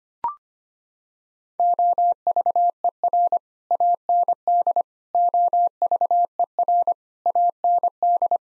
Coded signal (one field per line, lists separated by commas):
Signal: Morse code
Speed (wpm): 25 wpm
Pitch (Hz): 700 Hz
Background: none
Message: OVER AND OVER AND